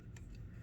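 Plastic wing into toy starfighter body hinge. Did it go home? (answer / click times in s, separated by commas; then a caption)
yes / 0.2 s, 0.3 s. The plastic wings of a small Star Wars Micro Galaxy Squadron Series 3 V-Wing Starfighter toy are moved back into their locked position on the body hinge. Two short ticks sound at 0.2 and 0.4 seconds over a low steady hum. Both wings click into place, though one tends to slip backward when touched.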